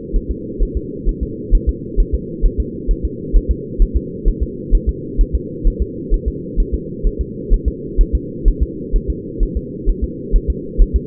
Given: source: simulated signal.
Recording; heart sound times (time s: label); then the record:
fetal heart sounds
0.16 s: S1
0.31 s: S2
0.63 s: S1
0.77 s: S2
1.09 s: S1
1.23 s: S2
1.55 s: S1
1.69 s: S2
2.00 s: S1
2.15 s: S2
2.46 s: S1
2.60 s: S2
2.91 s: S1
3.05 s: S2
3.37 s: S1
3.51 s: S2
3.82 s: S1
3.97 s: S2
4.28 s: S1
4.43 s: S2
4.75 s: S1
4.89 s: S2
5.21 s: S1
5.35 s: S2
5.68 s: S1
5.82 s: S2
6.14 s: S1
6.28 s: S2
6.60 s: S1
6.75 s: S2
7.07 s: S1
7.21 s: S2
7.53 s: S1
7.68 s: S2
8.01 s: S1
8.15 s: S2
8.48 s: S1
8.63 s: S2
8.96 s: S1
9.10 s: S2
9.43 s: S1
9.57 s: S2
9.90 s: S1
10.04 s: S2
10.36 s: S1
10.50 s: S2
10.82 s: S1
10.96 s: S2
From the record:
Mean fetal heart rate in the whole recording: 130 bpm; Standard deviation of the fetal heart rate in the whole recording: 4 bpm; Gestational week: 38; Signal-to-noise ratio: -4.1 dB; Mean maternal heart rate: no maternal heart sound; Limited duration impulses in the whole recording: absent